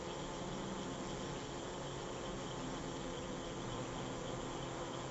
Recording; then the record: honeybee defence experiment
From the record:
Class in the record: control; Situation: empty test tube, no live specimens